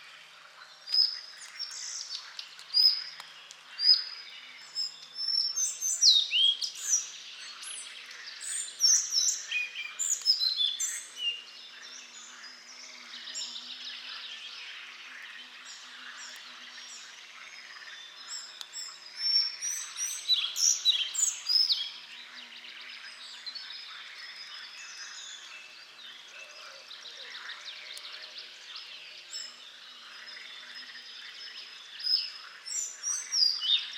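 A forest ambience from Lorraine, filled with many overlapping birds chirping and singing in quick, bright bursts. The calls come thickest in the first twelve seconds and again around twenty seconds, easing into quieter stretches with a soft, steady hiss underneath.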